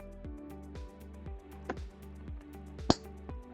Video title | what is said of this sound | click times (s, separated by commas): Mail Slot Adjustments | So you hear a click | 2.9 s